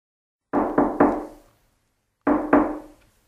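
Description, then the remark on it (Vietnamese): Knocking on a door: three quick, solid raps, a short pause, then two more, each thump low and woody with a brief decay, heard alone without any talking. “Noãn Tâm mở cửa, rất ngạc nhiên khi thấy người đứng ngoài cửa là Nam Cung Thiếu Khiêm.”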